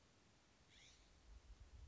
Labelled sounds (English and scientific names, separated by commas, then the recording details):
California Scrub-Jay (Aphelocoma californica)
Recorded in Sonoma County, California